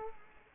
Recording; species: mosquito wingbeat signal from an infrared sensor; Culex quinquefasciatus